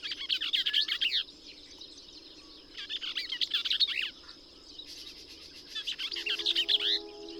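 Bell's vireo song: three fast, scratchy, jumbled warbling phrases separated by short pauses, with a steady high hiss and a low hum near the end.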